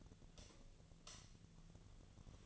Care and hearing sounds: daily activity, microphone in the room; light off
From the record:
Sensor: 4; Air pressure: 1010.7 hPa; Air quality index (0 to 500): 173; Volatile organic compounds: 5 ppm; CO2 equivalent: 1757 ppm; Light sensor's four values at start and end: 37/108/43/43 and 37/107/42/43

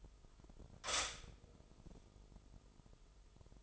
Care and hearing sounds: daily activity, microphone in the room; stop toaster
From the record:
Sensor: 5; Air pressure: 988.7 hPa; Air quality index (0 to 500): 234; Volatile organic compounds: 189 ppm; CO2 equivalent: 4176 ppm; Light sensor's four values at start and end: 39/123/48/51 and 39/123/48/51

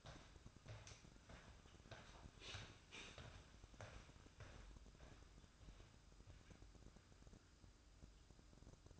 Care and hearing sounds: daily activity, microphone in the room; walk to room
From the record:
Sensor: 2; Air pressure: 1008.1 hPa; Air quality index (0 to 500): 116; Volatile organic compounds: 1 ppm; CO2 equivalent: 863 ppm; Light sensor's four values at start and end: 8/18/7/7 and 8/18/7/7

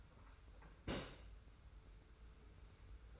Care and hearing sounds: daily activity, microphone in the room; place on stove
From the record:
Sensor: 2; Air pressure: 990.9 hPa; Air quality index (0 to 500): 109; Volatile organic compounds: 47 ppm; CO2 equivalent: 3252 ppm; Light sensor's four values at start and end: 35/103/40/39 and 35/103/40/39

